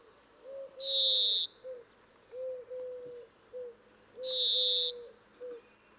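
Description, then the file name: European greenfinch giving long, buzzy wheezing calls, two drawn-out wheezes about three seconds apart, over a run of low, soft cooing notes. "Chloris chloris"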